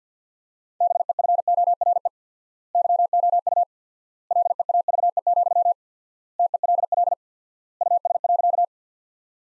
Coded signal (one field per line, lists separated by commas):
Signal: Morse code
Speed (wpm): 50 wpm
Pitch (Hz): 700 Hz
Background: none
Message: BEFORE YOU LEAVE, TELL US.